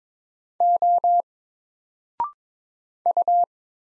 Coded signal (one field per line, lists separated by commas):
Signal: Morse code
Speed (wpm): 22 wpm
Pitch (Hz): 700 Hz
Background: none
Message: O U